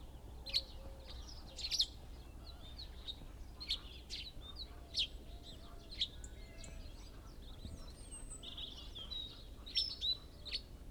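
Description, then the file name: Great tit calls, short sharp high notes repeated at irregular intervals over a steady low background rumble. "Parus major"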